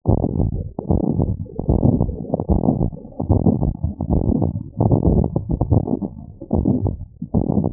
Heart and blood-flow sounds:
heart sounds
not marked
From the record:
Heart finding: normal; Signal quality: poor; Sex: female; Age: 58 years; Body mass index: 17.2

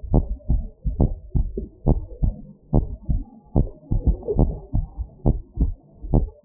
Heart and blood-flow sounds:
heart sounds
0.00	0.11	diastole
0.11	0.25	S1
0.25	0.49	systole
0.49	0.63	S2
0.63	0.99	diastole
0.99	1.11	S1
1.11	1.35	systole
1.35	1.49	S2
1.49	1.87	diastole
1.87	2.03	S1
2.03	2.23	systole
2.23	2.35	S2
2.35	2.75	diastole
2.75	2.89	S1
2.89	3.11	systole
3.11	3.21	S2
3.21	3.55	diastole
3.55	3.67	S1
3.67	3.91	systole
3.91	4.03	S2
4.03	4.37	diastole
4.37	4.53	S1
4.53	4.75	systole
4.75	4.87	S2
4.87	5.27	diastole
5.27	5.39	S1
5.39	5.61	systole
5.61	5.73	S2
5.73	6.13	diastole
6.13	6.29	S1
6.29	6.45	systole
From the record:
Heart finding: normal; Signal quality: good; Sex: female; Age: 66 years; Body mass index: 26.9

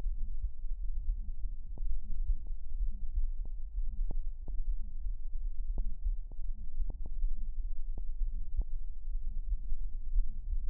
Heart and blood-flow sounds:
heart sounds
not marked
From the record:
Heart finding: aortic stenosis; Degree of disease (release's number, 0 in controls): 4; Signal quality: poor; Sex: male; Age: 62 years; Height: 1.75 m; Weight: 93 kg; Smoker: yes

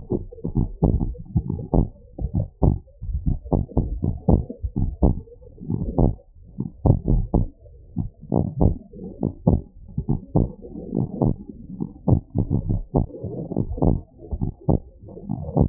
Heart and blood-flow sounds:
heart sounds
0.00	0.61	diastole
0.61	0.73	S1
0.73	0.91	systole
0.91	1.03	S2
1.03	1.51	diastole
1.51	1.61	S1
1.61	1.75	systole
1.75	1.87	S2
1.87	2.35	diastole
2.35	2.47	S1
2.47	2.63	systole
2.63	2.77	S2
2.77	3.25	diastole
3.25	3.39	S1
3.39	3.53	systole
3.53	3.65	S2
3.65	4.05	diastole
4.05	4.17	S1
4.17	4.29	systole
4.29	4.45	S2
4.45	4.76	diastole
4.76	4.86	S1
4.86	5.02	systole
5.02	5.11	S2
5.11	5.69	diastole
5.69	5.77	S1
5.77	5.96	systole
5.96	6.31	S2
6.31	6.58	diastole
6.58	6.67	S1
6.67	6.85	systole
6.85	6.94	S2
6.94	7.67	diastole
7.67	7.73	S1
7.73	7.95	systole
7.95	8.06	S2
8.06	8.33	diastole
8.33	8.45	S1
8.45	8.61	systole
8.61	8.75	S2
8.75	9.23	diastole
9.23	9.33	S1
9.33	9.47	systole
9.47	9.59	S2
9.59	10.09	diastole
10.09	10.19	S1
10.19	10.35	systole
10.35	10.47	S2
10.47	10.95	diastole
10.95	11.07	S1
11.07	11.21	systole
11.21	11.33	S2
11.33	11.81	diastole
11.81	11.91	S1
11.91	12.09	systole
12.09	12.21	S2
12.21	12.67	diastole
12.67	12.81	S1
12.81	12.95	systole
12.95	13.07	S2
13.07	13.57	diastole
13.57	13.67	S1
13.67	13.83	systole
13.83	13.99	S2
13.99	14.43	diastole
14.43	14.53	S1
14.53	14.69	systole
14.69	14.81	S2
14.81	15.31	diastole
15.31	15.41	S1
15.41	15.57	systole
15.57	15.69	S2
From the record:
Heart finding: abnormal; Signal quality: good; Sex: male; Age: 81 years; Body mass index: 21.8

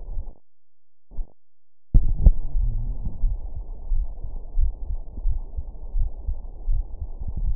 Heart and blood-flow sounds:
heart sounds
0.00	3.24	noise
3.24	3.38	S1
3.38	3.54	systole
3.54	3.62	S2
3.62	3.92	diastole
3.92	4.06	S1
4.06	4.20	systole
4.20	4.26	S2
4.26	4.58	diastole
4.58	4.72	S1
4.72	4.88	systole
4.88	4.98	S2
4.98	5.26	diastole
5.26	5.40	S1
5.40	5.56	systole
5.56	5.64	S2
5.64	5.96	diastole
5.96	6.10	S1
6.10	6.26	systole
6.26	6.36	S2
6.36	6.68	diastole
6.68	6.84	S1
6.84	6.98	systole
6.98	7.08	S2
7.08	7.42	diastole
7.42	7.56	noise
From the record:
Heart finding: coronary artery disease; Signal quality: good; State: rest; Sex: male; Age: 39 years

